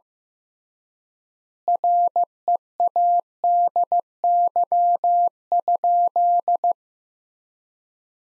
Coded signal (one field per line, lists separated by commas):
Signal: Morse code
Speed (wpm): 15 wpm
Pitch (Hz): 700 Hz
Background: none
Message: READY?